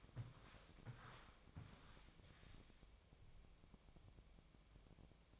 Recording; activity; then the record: daily activity, microphone in the room; walk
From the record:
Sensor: 1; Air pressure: 1000.5 hPa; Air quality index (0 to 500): 172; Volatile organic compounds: 4 ppm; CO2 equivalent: 1593 ppm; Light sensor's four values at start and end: 13/31/12/14 and 13/31/13/14